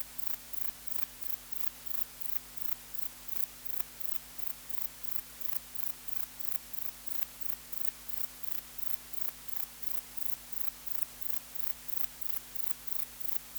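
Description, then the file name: Grey bush-cricket song: short scratchy chirps repeated steadily, about three every second, high and hissy, over a low steady hum. "Platycleis albopunctata"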